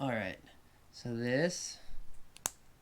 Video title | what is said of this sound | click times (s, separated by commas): Let's Build! 3 in 1 Mighty Dinosaurs! - 31058 | that piece clicks along the back | 2.5 s